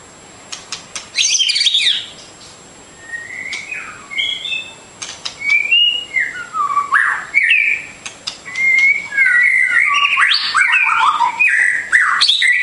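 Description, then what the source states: Bird song, scattered short whistled phrases that become denser toward the end, with sharp ticking notes mixed in. Masteran training recording of bird song, complete version.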